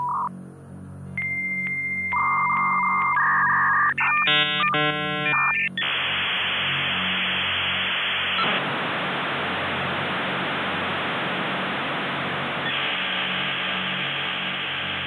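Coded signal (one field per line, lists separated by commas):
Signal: dial-up modem handshake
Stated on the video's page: Musical composition built from 56k dial-up modem sounds and scales; a recreation, not a live connection.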